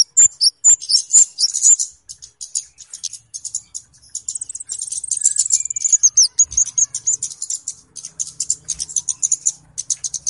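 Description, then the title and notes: Flowerpecker song: rapid, very high thin chips and twittering, loud and nearly unbroken, with a brief descending trill near the middle. Clear song used as a lure for trapping birds; Indonesian names cabe-cabean or kemade. "Kicau Burung Kemade ( Cabe Cabean) Jernih. Suara Burung Cabe Cabean Pikat"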